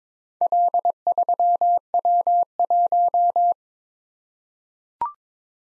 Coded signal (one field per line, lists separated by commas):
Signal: Morse code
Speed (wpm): 22 wpm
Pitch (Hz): 700 Hz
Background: none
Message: L3W1